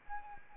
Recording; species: mosquito wingbeat signal from an infrared sensor; Anopheles arabiensis